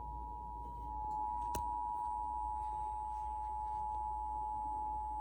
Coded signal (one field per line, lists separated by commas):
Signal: Emergency Alert System (SAME) tones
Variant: 853 and 960 Hz attention tone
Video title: Ohio Child Abduction Emergency EAS #13